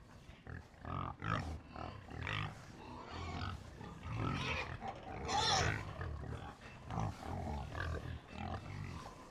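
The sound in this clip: Pigs grunting as a herd: overlapping low grunts and snorts come in irregular bursts throughout.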